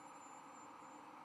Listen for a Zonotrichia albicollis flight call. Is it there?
no